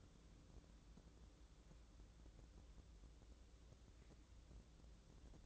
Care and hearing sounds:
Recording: daily activity, microphone in the room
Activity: wipe stove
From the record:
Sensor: 3

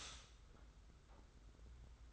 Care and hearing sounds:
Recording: daily activity, microphone in the room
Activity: stop toaster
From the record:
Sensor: 3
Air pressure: 991.6 hPa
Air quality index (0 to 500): 182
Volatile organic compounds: 1000 ppm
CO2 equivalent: 6081 ppm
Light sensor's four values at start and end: 41/118/48/42 and 41/118/48/42

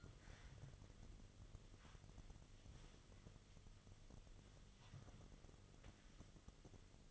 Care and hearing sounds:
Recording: daily activity, microphone in the room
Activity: wipe stove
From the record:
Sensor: 4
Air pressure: 1005.7 hPa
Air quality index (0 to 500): 105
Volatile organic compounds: 2 ppm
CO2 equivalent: 1310 ppm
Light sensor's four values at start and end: 12/28/11/10 and 11/26/10/10

